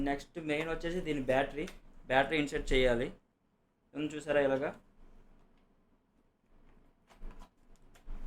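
A rechargeable battery pack is handled at the handle of a cordless pressure water gun while someone talks, followed by quiet handling and a few faint, brief knocks near 7.3, 7.8 and 8.0 seconds. Nothing has seated or clicked yet; the pack is not yet locked in.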